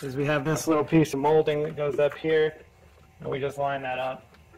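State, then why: Not seated. A small plastic molding trim piece is being lined up at the top of a 2008–2020 Dodge Grand Caravan minivan door while someone talks. Nothing has seated or clicked yet; the speech pauses briefly near the end, then continues.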